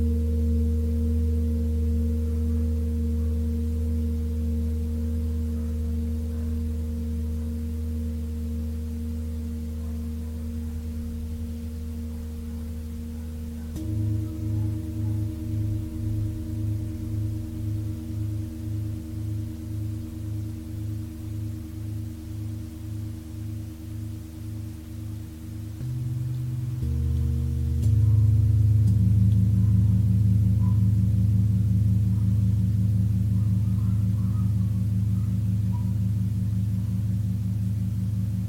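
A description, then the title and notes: Tibetan singing bowls ring with long, sustained low tones that shift pitch in stages, with new strikes around 14, 27 and 28 seconds. Around 14 and 27 seconds the tone takes on a fast, regular wobbling beat, and the ringing stays dense throughout without fading away. Tibetan Singiing Bowl のサウンドヒーリングチャンネル LIVE.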